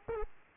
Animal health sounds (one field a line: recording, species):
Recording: mosquito wingbeat signal from an infrared sensor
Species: Aedes aegypti